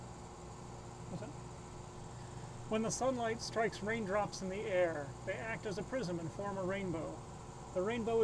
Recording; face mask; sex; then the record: reading aloud; surgical mask; male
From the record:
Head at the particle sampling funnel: tilted up or above it, chin in front of it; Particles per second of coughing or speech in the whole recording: 0.968